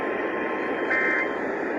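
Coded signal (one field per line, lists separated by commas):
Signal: Emergency Alert System (SAME) tones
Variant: end-of-message bursts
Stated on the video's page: Required Monthly Tests on two AM broadcast stations, for Wisconsin and Iowa.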